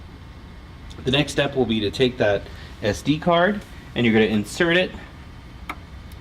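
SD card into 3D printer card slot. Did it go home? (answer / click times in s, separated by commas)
yes / 5.7 s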